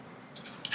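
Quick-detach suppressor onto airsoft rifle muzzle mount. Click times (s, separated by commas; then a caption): 0.6 s. A metal quick-detach suppressor is fitted onto an airsoft rifle's muzzle mount: the collar is pulled up and pushed down, with a metallic scrape near 0.4 s. A sharp click at 0.7 s marks it locking into place, followed by a brief ring, and it seats easily.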